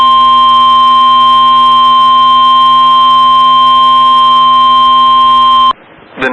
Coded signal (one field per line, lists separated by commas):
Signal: Emergency Alert System (SAME) tones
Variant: 1050 Hz attention tone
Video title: Tornado Warning (Jefferson and Bullitt Counties, KY) (3/30/25) [EAS #109]